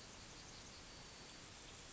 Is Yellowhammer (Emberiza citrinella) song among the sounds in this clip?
yes